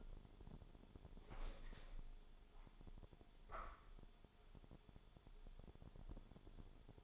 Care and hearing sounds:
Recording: daily activity, microphone in the room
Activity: open window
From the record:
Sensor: 5

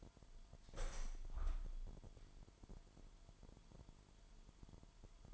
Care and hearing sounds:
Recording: daily activity, microphone in the room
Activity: open window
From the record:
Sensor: 5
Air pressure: 998.0 hPa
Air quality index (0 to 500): 98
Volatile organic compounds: 2 ppm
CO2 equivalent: 1116 ppm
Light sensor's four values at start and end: 27/65/27/29 and 27/65/27/29

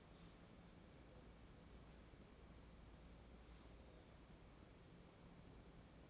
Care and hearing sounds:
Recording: daily activity, microphone in the room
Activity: wipe stove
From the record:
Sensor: 1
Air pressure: 1012.5 hPa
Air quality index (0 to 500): 144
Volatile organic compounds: 2 ppm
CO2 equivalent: 1192 ppm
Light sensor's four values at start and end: 4417/8600/4338/4487 and 4433/8631/4354/4504

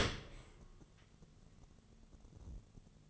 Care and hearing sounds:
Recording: daily activity, microphone in the room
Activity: open dishwasher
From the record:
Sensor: 4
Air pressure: 1015.9 hPa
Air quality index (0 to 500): 106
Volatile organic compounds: 2 ppm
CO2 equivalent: 1187 ppm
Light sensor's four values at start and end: 9/19/7/7 and 8/18/7/7

